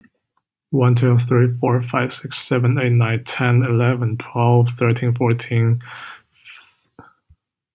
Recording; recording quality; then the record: counting at a fast pace; poor, much background noise or distortion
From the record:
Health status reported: healthy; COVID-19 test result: negative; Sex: male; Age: 23 years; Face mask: not worn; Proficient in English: yes